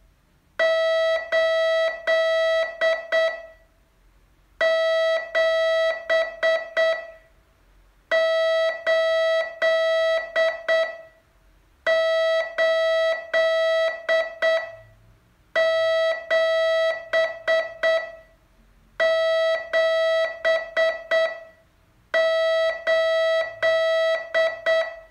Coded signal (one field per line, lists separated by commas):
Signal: Morse code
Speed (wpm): 8 wpm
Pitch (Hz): 650 Hz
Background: none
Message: 8 7 8 8 7 7 8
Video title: Learn Morse in 42 Days from VU2LAU - day 32